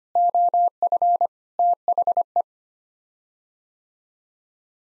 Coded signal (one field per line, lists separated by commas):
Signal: Morse code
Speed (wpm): 25 wpm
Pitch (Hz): 700 Hz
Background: none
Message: OF THE